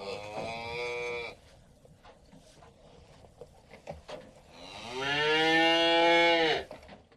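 Cow mooing twice: a first moo ending early, then several seconds of rustling and clatter, then a louder, drawn-out moo that swells and holds before cutting off.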